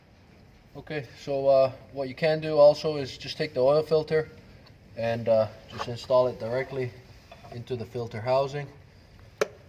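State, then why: Seated. Someone talks while a paper oil filter cartridge for a 2012–2019 Dodge Ram V6 3.6L Pentastar engine is pushed into the plastic filter housing cap, with the bottom O-ring lined up. A sharp click is heard at 9.4 s as the cartridge seats securely in the housing cap.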